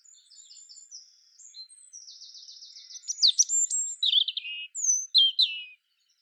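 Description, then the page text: European robin song in one long phrase, starting with thin high whistles, then a soft trill and louder tumbling, sliding warbles that fall toward the end. "Птицы-целители - Зарянка (Erithacus rubecula)"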